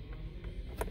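A plastic light housing is pushed into the center console trim panel of a Raptor/F-150 flow-through console, with the bottom anchor set first and then the top snap pressed. Faint taps are heard at about 0.1 and 0.4 s, followed by a sharper knock at 0.8 s over a low background rumble. The housing fails to snap in, and nothing has seated or clicked yet.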